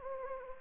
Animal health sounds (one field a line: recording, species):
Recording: mosquito wingbeat signal from an infrared sensor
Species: Anopheles arabiensis